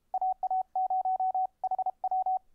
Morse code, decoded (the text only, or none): AA0HW